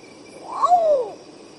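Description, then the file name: Long-tailed potoo: a brief upper note leading into a mournful, slowly falling whistle, with a soft insect chorus behind it. "canto do urutau pardo"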